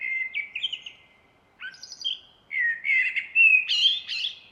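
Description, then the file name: Common blackbird song in a run broken by two short pauses: fluty warbling notes mixed with sharper, high-pitched twittering flourishes. "Turdus merula"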